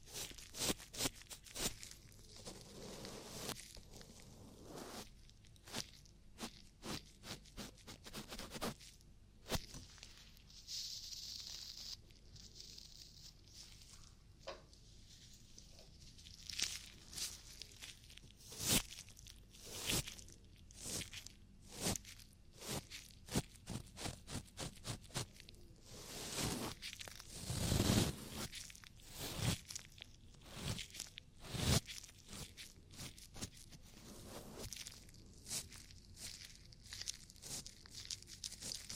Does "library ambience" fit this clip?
no